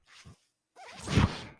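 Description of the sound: A soft airy click, a pause, then a swelling and fading whoosh: a home mechanical ventilator delivering one breath.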